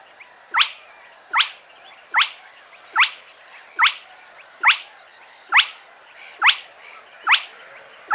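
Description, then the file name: Spotted crake calling a repeated upslurred whistle, about ten whip notes spaced a little under a second apart, even and insistent. Played back. "Plettet roervagtel"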